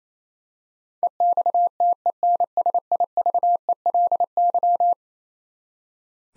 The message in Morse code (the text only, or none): EXTENSIVELY